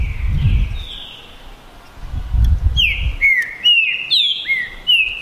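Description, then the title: Green-winged saltator song: soft whistles over low rumbling, then a string of bright, mostly downslurred whistles in the second half, with faint high chirps above. Birds in a song contest, 2022 season, singing and showing male competitive behaviour; contestants named Naval and Demolidor. "DISPUTA DE TRINCA FERRO PERFEITA!! NAVAL VS DEMOLIDOR 2022! TEMPORADA 2022!"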